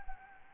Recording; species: mosquito wingbeat signal from an infrared sensor; Anopheles gambiae